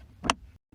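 The glove box damper arm of a 2017 Toyota RAV4 is pushed back onto its peg on the side of the glove box. A single sharp click sounds at 0.3 s over a low background hum, and the damper arm is seated back in place.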